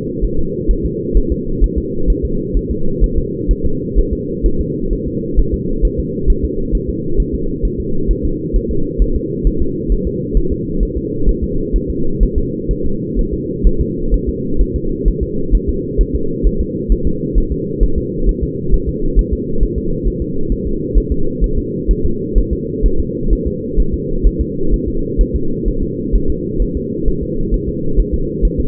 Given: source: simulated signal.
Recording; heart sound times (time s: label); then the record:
fetal heart sounds
0.24 s: S1
0.39 s: S2
0.71 s: S1
0.85 s: S2
1.17 s: S1
1.32 s: S2
1.64 s: S1
1.78 s: S2
2.10 s: S1
2.25 s: S2
2.57 s: S1
2.71 s: S2
3.04 s: S1
3.18 s: S2
3.51 s: S1
3.66 s: S2
3.98 s: S1
4.13 s: S2
4.46 s: S1
4.61 s: S2
4.93 s: S1
5.08 s: S2
5.39 s: S1
5.54 s: S2
5.85 s: S1
5.99 s: S2
6.30 s: S1
6.45 s: S2
6.75 s: S1
6.89 s: S2
7.20 s: S1
7.34 s: S2
7.65 s: S1
7.80 s: S2
8.11 s: S1
8.25 s: S2
8.56 s: S1
8.71 s: S2
9.02 s: S1
9.16 s: S2
9.47 s: S1
9.62 s: S2
9.92 s: S1
10.07 s: S2
10.37 s: S1
10.52 s: S2
10.83 s: S1
10.97 s: S2
11.29 s: S1
11.44 s: S2
11.76 s: S1
11.90 s: S2
12.23 s: S1
12.38 s: S2
12.71 s: S1
12.86 s: S2
13.19 s: S1
13.33 s: S2
13.67 s: S1
13.81 s: S2
14.14 s: S1
14.29 s: S2
14.61 s: S1
14.76 s: S2
15.08 s: S1
15.23 s: S2
15.55 s: S1
15.69 s: S2
16.01 s: S1
16.15 s: S2
16.47 s: S1
16.61 s: S2
16.92 s: S1
17.07 s: S2
17.38 s: S1
17.52 s: S2
17.83 s: S1
17.98 s: S2
18.29 s: S1
18.43 s: S2
18.74 s: S1
18.89 s: S2
19.19 s: S1
19.33 s: S2
19.63 s: S1
19.78 s: S2
20.07 s: S1
20.22 s: S2
20.52 s: S1
20.67 s: S2
20.98 s: S1
21.12 s: S2
21.44 s: S1
21.59 s: S2
21.91 s: S1
22.06 s: S2
22.38 s: S1
22.53 s: S2
22.86 s: S1
23.00 s: S2
23.33 s: S1
23.47 s: S2
23.80 s: S1
23.94 s: S2
24.26 s: S1
24.41 s: S2
24.74 s: S1
24.88 s: S2
25.21 s: S1
25.36 s: S2
25.68 s: S1
25.83 s: S2
26.15 s: S1
26.30 s: S2
26.62 s: S1
26.77 s: S2
27.08 s: S1
27.23 s: S2
27.54 s: S1
27.69 s: S2
28.00 s: S1
28.14 s: S2
28.45 s: S1
28.60 s: S2
From the record:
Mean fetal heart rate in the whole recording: 130 bpm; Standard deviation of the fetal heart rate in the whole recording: 2 bpm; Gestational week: 36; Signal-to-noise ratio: -8.1 dB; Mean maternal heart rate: 72 bpm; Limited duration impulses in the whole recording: absent